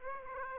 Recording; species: mosquito wingbeat signal from an infrared sensor; Aedes aegypti